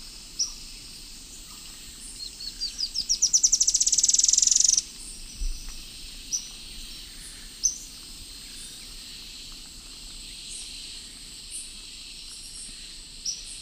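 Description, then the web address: Ash-winged antwren, a high accelerating trill that rises and ends abruptly, followed by scattered single thin, sharp call notes over a soft background hiss. Song and calls recorded in the eastern lowlands of South America. "Natures Songs S America Eastern Lowlands. Terenura spodioptila, song and calls"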